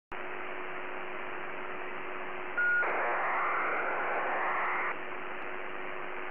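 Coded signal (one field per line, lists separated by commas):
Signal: ACARS aircraft data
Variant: HFDL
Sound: radio hiss, a brief steady tone, then a two-second rough buzzing data burst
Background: radio static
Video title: HF ACARS USB 5514kHz Molokai Hawaii Asia pacific night time map result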